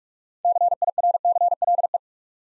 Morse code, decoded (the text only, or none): CIRCLE